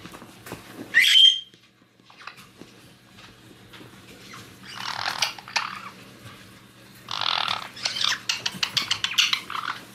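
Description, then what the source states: White-bellied caique chick with one sharp shrill squawk, then bouts of rasping, noisy chatter that grow busier toward the end. A chick that has become playful.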